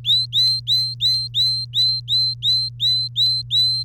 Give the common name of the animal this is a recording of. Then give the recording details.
Domestic Canary. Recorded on 3 May 2018 at 12:24. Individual llb3